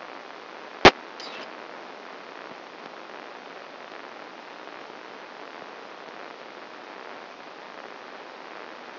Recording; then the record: brain microelectrode recording played as sound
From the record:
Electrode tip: outside the subthalamic nucleus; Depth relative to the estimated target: 3 mm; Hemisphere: left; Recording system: AlphaMap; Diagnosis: Parkinson's disease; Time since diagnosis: 24 years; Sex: female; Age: 57 years